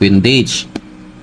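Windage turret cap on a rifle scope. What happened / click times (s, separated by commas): Handled, not yet home: the turret cap has not locked down / none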